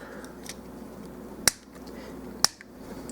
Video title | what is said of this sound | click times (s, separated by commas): Transformers Legacy Blitzwing | and make sure that they lock into place, because you could see | 1.5 s, 2.4 s